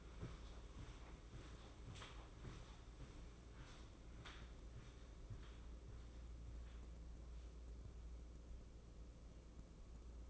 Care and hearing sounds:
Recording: daily activity, microphone in the room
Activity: walk to room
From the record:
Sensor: 1

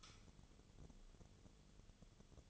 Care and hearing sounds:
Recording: daily activity, microphone in the room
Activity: light on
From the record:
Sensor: 4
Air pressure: 1008.6 hPa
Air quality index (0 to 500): 98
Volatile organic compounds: 1 ppm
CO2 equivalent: 732 ppm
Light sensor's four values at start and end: 14/31/12/12 and 14/31/12/12

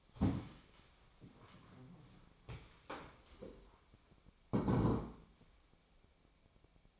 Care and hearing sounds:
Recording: daily activity, microphone in the room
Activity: stand up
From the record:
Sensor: 1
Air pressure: 1000.5 hPa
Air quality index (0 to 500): 175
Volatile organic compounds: 4 ppm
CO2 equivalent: 1622 ppm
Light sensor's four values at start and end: 13/30/13/14 and 13/31/13/15

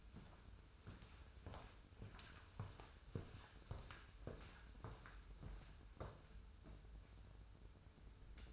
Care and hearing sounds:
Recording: daily activity, microphone in the room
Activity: walk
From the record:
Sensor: 2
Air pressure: 994.2 hPa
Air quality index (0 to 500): 204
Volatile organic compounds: 1000 ppm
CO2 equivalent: 6722 ppm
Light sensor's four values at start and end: 76/176/73/72 and 73/170/70/70

